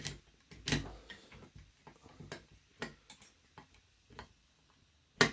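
A screwdriver drives a screw through the gearbox of an E&C EC-909 LR OBR DMR airsoft gun into the threads at the back of the spring guide, making a series of quiet ticks. The ticking ends in a loud final hit at 5.2 s as the screw tightens home, leaving it seated tight and solid.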